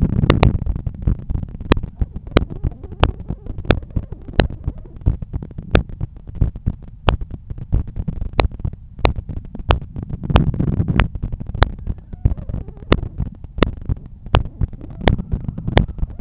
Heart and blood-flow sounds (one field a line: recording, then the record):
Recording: heart sounds by stethoscope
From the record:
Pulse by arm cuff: 92 bpm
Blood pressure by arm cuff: 129/82 mmHg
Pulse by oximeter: 92 bpm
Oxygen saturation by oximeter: 97%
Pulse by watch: 93 bpm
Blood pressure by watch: 121/79 mmHg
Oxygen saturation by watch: 96%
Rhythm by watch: sinus rhythm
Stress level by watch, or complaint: low stress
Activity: after 5 min smoking and 1 beer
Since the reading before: plus 1000 steps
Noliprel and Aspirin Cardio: after pills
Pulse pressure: 47 mmHg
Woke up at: 7:50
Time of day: 15:08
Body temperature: 36.3 C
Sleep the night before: 7 h 52 min, score 75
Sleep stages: REM 24%, light 55%, deep 12%, awake 9%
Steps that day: 9500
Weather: sunny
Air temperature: 22.6 C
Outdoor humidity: 59%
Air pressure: 1013 hPa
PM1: 4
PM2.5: 7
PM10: 8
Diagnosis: hypertension, treated with Noliprel and Aspirin Cardio 100 mg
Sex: male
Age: 53 years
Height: 174 cm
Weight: 81 kg